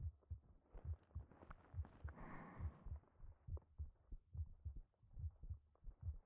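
Steady low thumping heartbeat of a woman at about 70 beats a minute, heard close to the chest, with a soft background hum.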